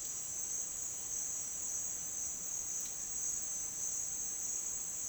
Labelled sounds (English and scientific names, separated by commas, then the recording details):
none
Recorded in dense forest near Puerto Asís, Putumayo, Colombia, on 23 June 2025 at 09:00
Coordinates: 0.468, -76.322
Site GP03